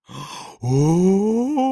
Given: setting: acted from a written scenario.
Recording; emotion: vocal sound without words; realization